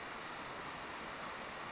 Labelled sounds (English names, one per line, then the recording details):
California Towhee
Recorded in Sonoma County, California